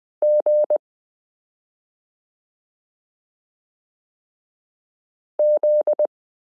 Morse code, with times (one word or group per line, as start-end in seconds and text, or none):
0.2-0.8 G
5.4-6.1 Z